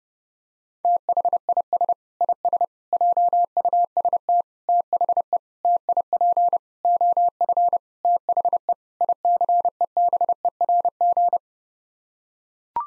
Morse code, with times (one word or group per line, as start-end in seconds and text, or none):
0.8-1.9 THIS
2.2-2.6 IS
2.9-4.4 JUST
4.7-5.4 THE
5.6-6.6 TIP
6.8-7.8 OF
8.0-8.7 THE
9.0-11.4 ICEBERG